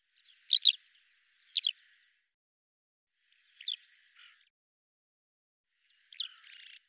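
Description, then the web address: Bird calls: four sharp, high chirps. The first two come close together, then two fainter ones follow after pauses, with a soft buzzy trail at the end. "Deverinetal 2025 File cleaned normalized Bird Al Ar"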